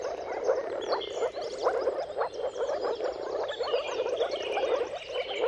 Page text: Dawn’s Chorus: Mating Calls of Marsh Frogs at Sunrise. Jakub-Orzecki moor frogs. Depending on the weather at the turn of March and April, you can witness an amazing spectacle of moor frogs